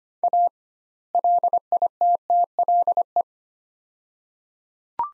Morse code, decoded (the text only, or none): A LITTLE